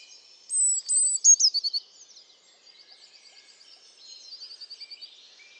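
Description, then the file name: Eurasian blue tit song: high piercing notes followed by a rapid trill, then quieter trills and chirps. "Cyanistes caeruleus"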